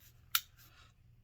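During disassembly of a compact Sig Sauer P290RS pistol, the slide is held in one hand and worked until the slide release in the pistol frame lets go. A single sharp metallic click at 0.4 s marks the slide release clicking free, the first of two clicks, before the slide-lock button is pushed through with a cleaning rod.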